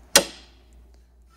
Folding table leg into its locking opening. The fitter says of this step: and then that leg should not be going anywhere once it snaps into place like that